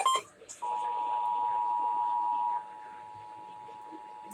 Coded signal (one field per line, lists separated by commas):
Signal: Emergency Alert System (SAME) tones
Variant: 853 and 960 Hz attention tone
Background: speech